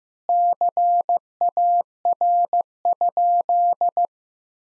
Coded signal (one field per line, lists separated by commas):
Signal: Morse code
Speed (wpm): 15 wpm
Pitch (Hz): 700 Hz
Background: none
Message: CAR?